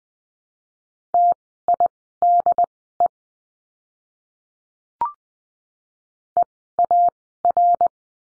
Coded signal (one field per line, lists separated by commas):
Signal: Morse code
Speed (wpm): 20 wpm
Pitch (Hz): 700 Hz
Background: none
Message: TIDE EAR